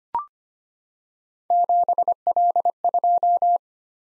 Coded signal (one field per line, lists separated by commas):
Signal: Morse code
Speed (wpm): 25 wpm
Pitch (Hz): 700 Hz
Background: none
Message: 7L2